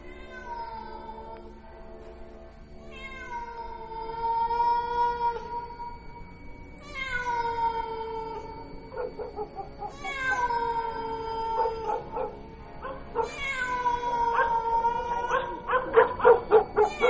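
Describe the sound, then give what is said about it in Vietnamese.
A feral cat by a guava tree meows in long, drawn-out, wailing cries, four of them in a row, each sliding in pitch, with a few short choppy yelps between and at the end, fairly loud with no talking. “Thỉnh thoảng lẫn trong đó có tiếng con mèo hoang đâu đó bên mạn cây ổi, nó cứ kêu ngoao ngoao nghe đến giận cả người.”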